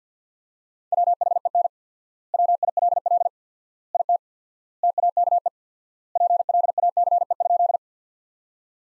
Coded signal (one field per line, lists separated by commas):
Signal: Morse code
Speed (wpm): 50 wpm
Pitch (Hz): 700 Hz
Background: none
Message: WHEN WILL IT TAKE PLACE?